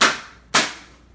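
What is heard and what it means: A plastic top/bottom trim panel of a Thermaltake View 71 PC case is pushed back onto the case's metal frame. Two sharp, bright snaps ring out at 0.0 s and 0.6 s as its clips engage, each decaying quickly. The panel is seated in place.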